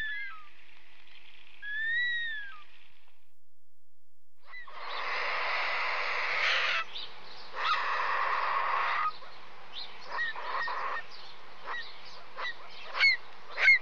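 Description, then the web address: Bird calls: two thin whistled notes, then loud harsh honking bursts, followed by a series of short sharp calls. "various water birds"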